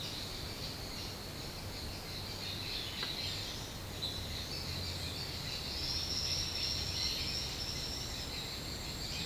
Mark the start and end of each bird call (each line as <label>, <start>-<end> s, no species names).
bird call, 4.11-9.25 s